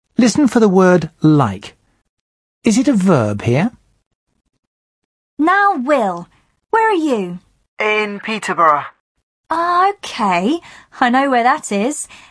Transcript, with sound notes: Listen for the word ‘like’. Is it a verb here?
Now, Will. Where are you?
(on phone) In Peterborough.
Ah, OK. I know where that is.